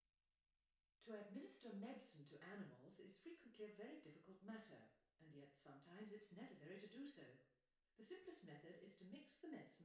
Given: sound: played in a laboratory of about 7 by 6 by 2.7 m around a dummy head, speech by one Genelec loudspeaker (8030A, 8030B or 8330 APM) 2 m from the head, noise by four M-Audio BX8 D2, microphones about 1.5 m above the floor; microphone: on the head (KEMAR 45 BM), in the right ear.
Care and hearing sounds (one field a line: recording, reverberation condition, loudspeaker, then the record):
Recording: female speech in English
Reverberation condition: medium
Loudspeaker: 60 degrees to the left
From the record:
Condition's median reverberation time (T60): about 510 ms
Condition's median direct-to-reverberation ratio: about -0.5 dB